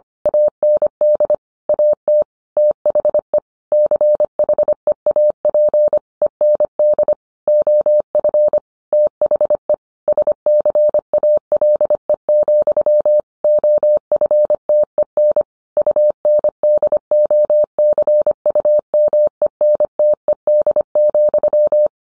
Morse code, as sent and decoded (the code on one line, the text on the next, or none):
.- -. -.. / .- - / - .... . / -.-. .... . .- .--. / . -. -.. / --- ..-. / - .... . / ... -.-. .- .-.. . --..-- / --- ..-. - . -. / ..- -. -.. --- -.-. ..- -- . -. - . -.. --..--
AND AT THE CHEAP END OF THE SCALE, OFTEN UNDOCUMENTED,